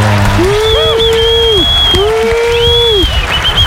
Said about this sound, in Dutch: er zou nog even applaus voor zijn live mix komen, toch? Vanaf zo'n bandje.